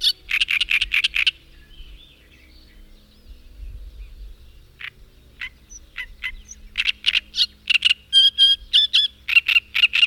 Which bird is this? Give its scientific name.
Acrocephalus arundinaceus